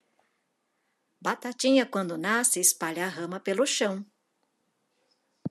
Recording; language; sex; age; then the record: short text; Brazilian Portuguese; female; 50 to 59 years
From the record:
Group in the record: control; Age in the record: 56 years